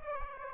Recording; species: mosquito wingbeat signal from an infrared sensor; Aedes aegypti